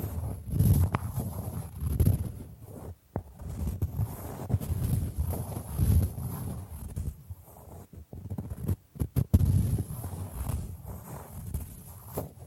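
Bamboo being scratched and brushed, a soft, low rubbing that swells and fades in uneven strokes throughout. Sharp taps and clicks break in now and then, near the start, around three to four seconds, and in a cluster near nine seconds. A faint high whine persists underneath.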